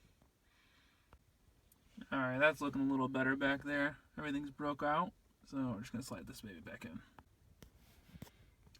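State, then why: Not seated. A car radio for a Chevy S10 / Blazer is slid back into the dashboard opening and lined up in its mounting cage while someone talks, with faint handling ticks around the speech. The radio is not yet pushed home, and nothing has seated or clicked into the cage yet.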